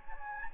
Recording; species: mosquito wingbeat signal from an infrared sensor; Anopheles gambiae